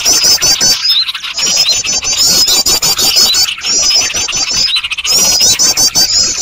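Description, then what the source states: Birds give a continuous, hectic chatter of high squeaky trills over steady clicking, with a few short gaps. Noisy bird sounds used for luring birds.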